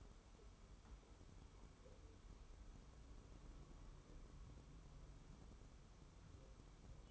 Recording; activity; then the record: daily activity, microphone in the room; wipe stove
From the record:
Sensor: 1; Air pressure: 1015.1 hPa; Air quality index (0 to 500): 56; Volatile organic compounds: 1 ppm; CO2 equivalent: 704 ppm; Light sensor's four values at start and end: 13/32/13/15 and 14/32/13/15